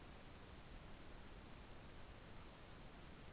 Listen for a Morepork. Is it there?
no